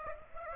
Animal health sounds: mosquito wingbeat signal from an infrared sensor; Aedes aegypti

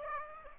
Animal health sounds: mosquito wingbeat signal from an infrared sensor; Aedes aegypti

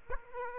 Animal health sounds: mosquito wingbeat signal from an infrared sensor; Aedes aegypti

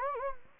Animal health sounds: mosquito wingbeat signal from an infrared sensor; Anopheles gambiae

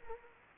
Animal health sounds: mosquito wingbeat signal from an infrared sensor; Anopheles arabiensis

